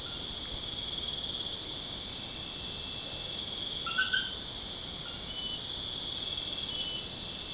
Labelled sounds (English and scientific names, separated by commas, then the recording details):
none
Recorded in pastures near Puerto Asís, Putumayo, Colombia, on 29 June 2025 at 21:30
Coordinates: 0.496, -76.326
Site GP01